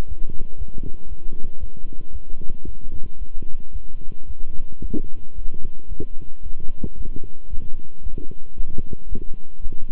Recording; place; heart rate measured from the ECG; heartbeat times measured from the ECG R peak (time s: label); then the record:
heart sounds by stethoscope; between the tricuspid and mitral areas; 113 bpm
0.07 s: heartbeat
0.56 s: heartbeat
1.07 s: heartbeat
1.58 s: heartbeat
2.11 s: heartbeat
2.63 s: heartbeat
3.17 s: heartbeat
3.71 s: heartbeat
4.25 s: heartbeat
4.80 s: heartbeat
5.34 s: heartbeat
5.87 s: heartbeat
6.42 s: heartbeat
6.95 s: heartbeat
7.48 s: heartbeat
8.01 s: heartbeat
8.55 s: heartbeat
9.07 s: heartbeat
9.60 s: heartbeat
From the record:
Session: walking at 3.7 km/h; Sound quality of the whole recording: good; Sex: male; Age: 26 years